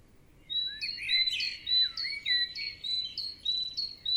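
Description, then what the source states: Birds singing, a steady series of bright clipped chirps repeated about twice a second over lower descending warbled notes. Morning ambience.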